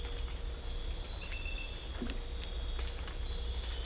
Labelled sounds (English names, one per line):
none